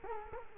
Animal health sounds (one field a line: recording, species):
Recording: mosquito wingbeat signal from an infrared sensor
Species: Culex quinquefasciatus